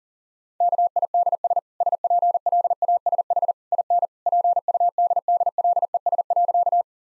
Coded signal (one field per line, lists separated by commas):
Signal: Morse code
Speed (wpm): 40 wpm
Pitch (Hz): 700 Hz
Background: none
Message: KIDS SPLASH IN PUDDLES.